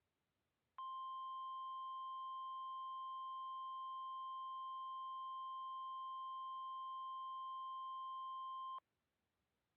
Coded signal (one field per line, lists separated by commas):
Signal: Emergency Alert System (SAME) tones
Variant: 1050 Hz attention tone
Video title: Grading EAS Scenarios